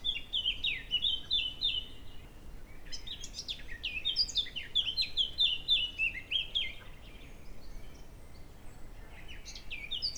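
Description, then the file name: Eurasian blackcap delivering an almost continuous run of rapid, clear warbling notes that swoop up and down, with a soft background hiss throughout. "Sylvia atricapilla"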